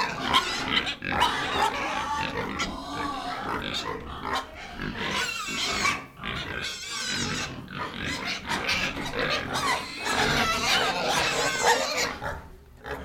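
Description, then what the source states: Dense chorus of pigs, rapid grunts, snorts and squeals overlapping without pause, a busy crowded din throughout. Recorded in a piggery.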